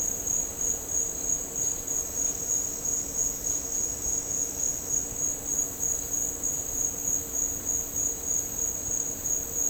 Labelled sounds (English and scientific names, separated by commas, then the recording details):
none
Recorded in dense forest near Puerto Asís, Putumayo, Colombia, on 13 March 2025 at 09:30
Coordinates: 0.467, -76.328
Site G041